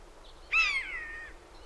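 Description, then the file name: Eurasian jay giving a single drawn-out, slightly falling mewing call with rich harmonics, lasting under a second against a quiet background. "Garrulus glandarius"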